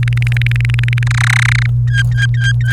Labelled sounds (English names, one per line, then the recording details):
Domestic Canary song
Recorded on 29 April 2018 at 16:41
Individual llb3